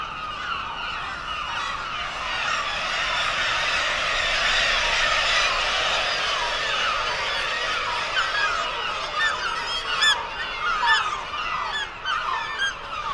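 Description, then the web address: Black-legged kittiwake calls: a dense, continuous chorus of harsh, wavering nasal calls from many birds, swelling in the middle, with more separate calls standing out near the end. "sound Black-legged-kittiwake. صدای-پرنده-کاکایی-پاسیاه"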